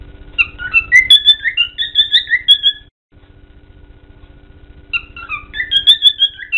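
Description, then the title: Cockatiel chirping: quick high, stacked chirp notes in a busy run, then a quiet gap, then the chirps resume; a low steady hum underneath. Song intended for training cockatiels. "Canto De 1 Hora Para Treinar Calopsita"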